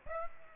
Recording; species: mosquito wingbeat signal from an infrared sensor; Aedes aegypti